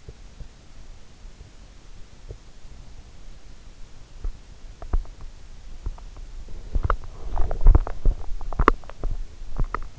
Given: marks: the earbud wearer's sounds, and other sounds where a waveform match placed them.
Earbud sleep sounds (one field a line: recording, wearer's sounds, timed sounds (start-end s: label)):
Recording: sounds in sleep by an in-ear microphone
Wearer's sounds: teeth grinding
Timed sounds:
0.00-9.94 s: teeth grinding